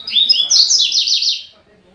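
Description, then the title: Double-collared seedeater song, a rapid high twittering phrase of slurred notes that rises and falls, lasting about a second and a half. "Canto Coleiro"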